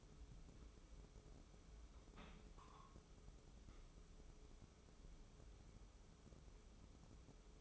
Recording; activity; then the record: daily activity, microphone in the room; place on stove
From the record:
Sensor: 1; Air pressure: 995.5 hPa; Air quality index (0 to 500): 31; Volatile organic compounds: 1 ppm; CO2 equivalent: 572 ppm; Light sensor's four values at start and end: 29/103/39/41 and 29/103/39/41